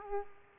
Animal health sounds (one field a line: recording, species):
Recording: mosquito wingbeat signal from an infrared sensor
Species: Aedes aegypti